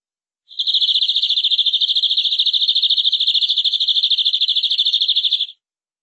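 Canary delivering a long, even, rapid rolling trill at high pitch, sustained for about five seconds without a break.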